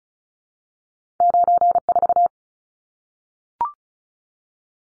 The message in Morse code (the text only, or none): 94